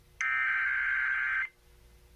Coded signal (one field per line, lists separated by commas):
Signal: Emergency Alert System (SAME) tones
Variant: header bursts